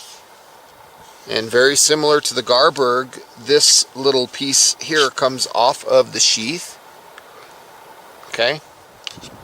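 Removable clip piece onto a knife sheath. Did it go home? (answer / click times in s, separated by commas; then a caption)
yes / 9.1 s. Someone talks about the removable piece of a Condor Terrasaur knife sheath, a full tang high carbon steel knife, comparing it to the Garberg sheath. After a quieter stretch, the detachable piece is pushed back onto the sheath and snaps into place with a sharp click at 9.1 seconds.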